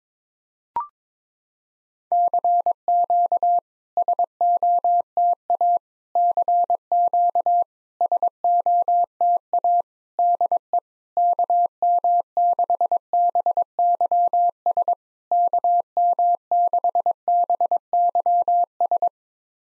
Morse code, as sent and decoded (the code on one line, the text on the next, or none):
-.-. --.- / ... --- - .- / -.-. --.- / ... --- - .- / -.. . / -.- -- -.... -... -.-- ... / -.- -- -.... -... -.-- ...
CQ SOTA CQ SOTA DE KM6BYS KM6BYS